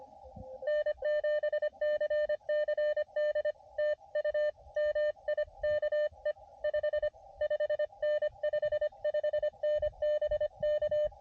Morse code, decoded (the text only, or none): N7CCD TU MIKE 55N 55N BK